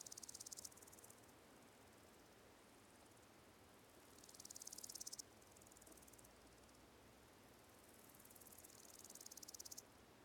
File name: Ambience, Countryside, Quite Fields, Slow Cicadas, Close, Fly